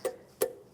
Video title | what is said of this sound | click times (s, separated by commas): How to Replace Exhaust Manifold 1992-1996 Ford F-150 | and we're going to hear that spring click into place. Give it a pull, make sure it doesn't come off. | 0.4 s